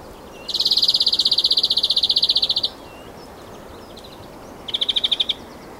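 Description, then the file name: European greenfinch calling with a long, fast rattling trill lasting about two seconds, followed shortly by a shorter burst of the same dry trill. "Chloris chloris"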